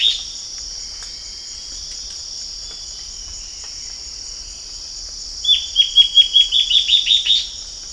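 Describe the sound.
Bird: steady high insect drone at first, then a bird bursts into a fast string of about ten clipped, high, down-slurred chirps that climb a little in pitch.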